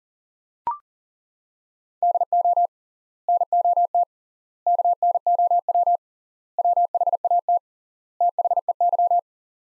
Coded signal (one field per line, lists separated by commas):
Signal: Morse code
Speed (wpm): 40 wpm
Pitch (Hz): 700 Hz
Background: none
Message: DO NOT KNOW WHAT THEY